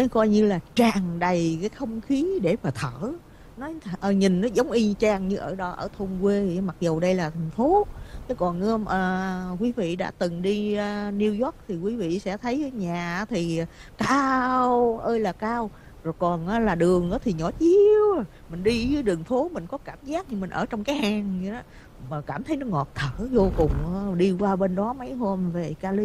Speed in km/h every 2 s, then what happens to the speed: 56, 55, 56, 55, 55, 55, 60, 61, 61, 61, 60, 56, 58.
0-10 steady at about 55. 10-14 speeds up to 61. 14-26 steady at about 60.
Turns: none.